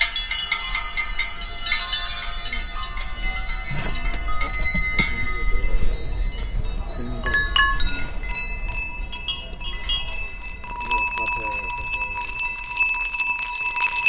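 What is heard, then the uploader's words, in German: Wind chimes ring continuously in a dense, overlapping shimmer of bright metallic tones, with a low rumble of wind underneath throughout. Tauche ein in die harmonischen Töne, die der Wind durch die feinen Schwingungen der Windspiele erzeugt. Zauberhaften Melodie der Metall- oder Holzröhren.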